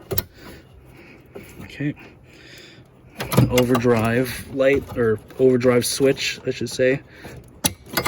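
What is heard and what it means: On a 1999 Dodge Dakota, the airbag wiring connector is pushed into its mating harness plug under the dash during dash reassembly after a heater core replacement. It gives a sharp click at 0.2 s, and the connector is confirmed seated. Afterward someone talks.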